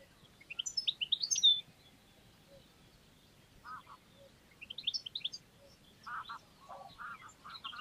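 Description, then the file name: European goldfinch giving brief high twittering bursts, joined later by lower, harsher chirps over a faint background hum. "Carduelis carduelis"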